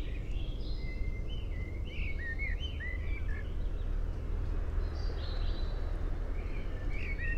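Common blackbird singing a run of liquid fluted notes and slurred whistles, a quiet gap, then further short phrases, over persistent low rumbling.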